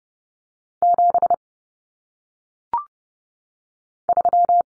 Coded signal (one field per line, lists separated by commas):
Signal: Morse code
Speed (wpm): 30 wpm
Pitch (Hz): 700 Hz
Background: none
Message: 7 3